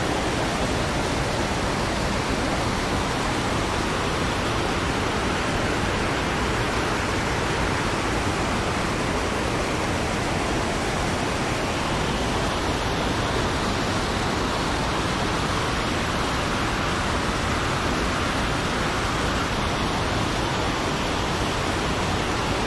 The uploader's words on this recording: Icy Waterfall Sounds. This winter wonderland — featuring falling snow and a partly frozen waterfall.